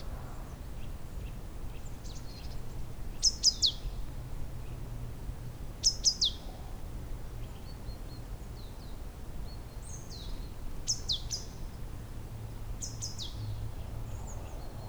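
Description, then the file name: Great tit calling with brief, bright descending chirps in small bursts every few seconds, with faint softer high notes between and a low hum underneath. "Parus major"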